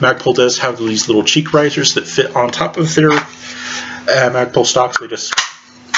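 A Magpul polymer cheek riser is handled and brought down onto the top of a Magpul polymer rifle stock on a PSA AK-103 while someone talks. There are a few light plastic taps and knocks, but the clip ends just before the riser snaps on, so nothing has seated or clicked yet.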